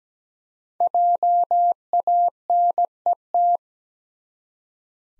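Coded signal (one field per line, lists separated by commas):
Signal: Morse code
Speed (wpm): 17 wpm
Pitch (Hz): 700 Hz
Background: none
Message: JANET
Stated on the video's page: Morse practice at 17 wpm, common US names of up to five letters for head-copy, each sent, spoken, then sent again.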